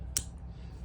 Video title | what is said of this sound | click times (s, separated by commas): How to install new Aero Precision Pro Front and Rear Takedown Pins | click. And then once it clicks, then it's it's totally captured. | 0.2 s